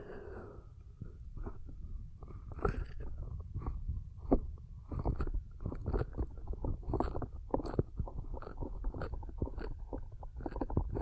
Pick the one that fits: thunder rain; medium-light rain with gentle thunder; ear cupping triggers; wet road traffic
ear cupping triggers